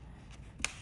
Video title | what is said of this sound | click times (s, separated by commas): EP 103: 3D Rose 🌹 FULL TUTORIAL | Press. Oh, I feel it. I heard a click. | 0.6 s